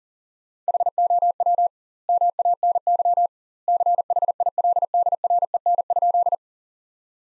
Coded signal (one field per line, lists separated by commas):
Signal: Morse code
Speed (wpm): 40 wpm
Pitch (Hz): 700 Hz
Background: none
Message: HOW MANY CHILDREN?